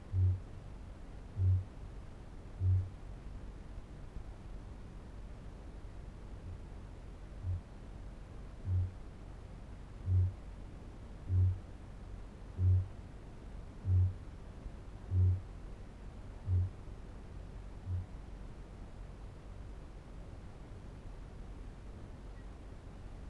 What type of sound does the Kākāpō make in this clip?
boom